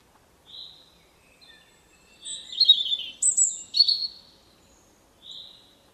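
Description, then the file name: European robin song: a soft high note, then a quick run of thin, varied whistles and twittering notes, ending with one more clear high whistle. "Erithacus rubecula"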